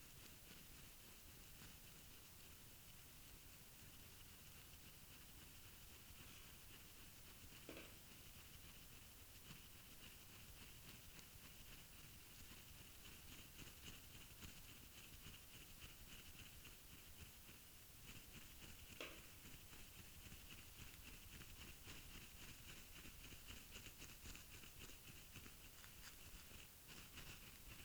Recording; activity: daily activity, guitar pickup as the sensor; brush teeth